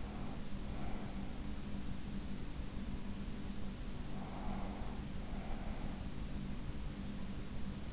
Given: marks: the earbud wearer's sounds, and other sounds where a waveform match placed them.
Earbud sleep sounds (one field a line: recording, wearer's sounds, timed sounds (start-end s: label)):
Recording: sounds in sleep by an in-ear microphone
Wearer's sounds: breath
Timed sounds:
0.00-1.28 s: breath
4.02-6.11 s: breath